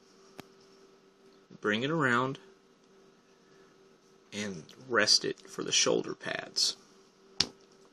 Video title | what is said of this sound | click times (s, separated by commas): Transformers prime beast hunters commander hardshell | And it actually will lock into place. | 7.4 s